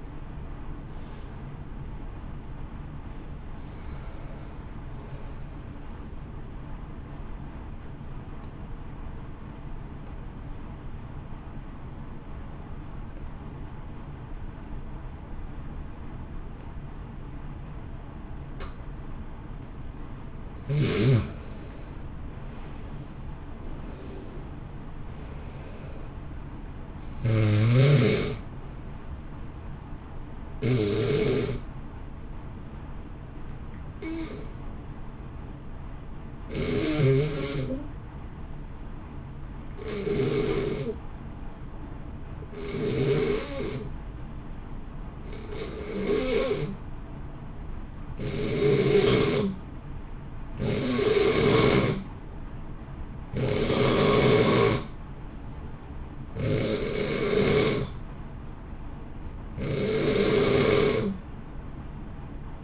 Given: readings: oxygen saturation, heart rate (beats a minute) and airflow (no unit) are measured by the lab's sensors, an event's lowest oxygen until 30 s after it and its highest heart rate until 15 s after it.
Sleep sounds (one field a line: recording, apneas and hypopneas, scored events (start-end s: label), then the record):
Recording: breathing in sleep by a smartphone at the bedside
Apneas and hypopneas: 2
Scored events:
6.00-22.30 s: hypopnea (N2, oxygen 95% highest, then 87% lowest, heart rate 59 at the start, 66 highest)
36.00-58.70 s: hypopnea (N2, oxygen 93% highest, then 86% lowest, heart rate 56 at the start, 64 highest)
From the record:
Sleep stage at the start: N2 (light sleep)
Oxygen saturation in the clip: 87 to 95%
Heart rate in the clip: 56 to 66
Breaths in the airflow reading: 21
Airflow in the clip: -2.0 to 2.3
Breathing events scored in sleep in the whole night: 328 in 6.3 hours asleep